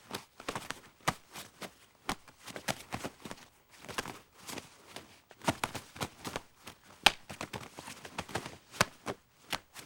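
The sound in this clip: Cow footsteps: irregular crunchy thuds and taps, several per second with short pauses, with a light rustling.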